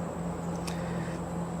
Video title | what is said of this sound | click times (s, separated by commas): BenchMade 915 Review | pull it out and hear it lock and use it | 0.7 s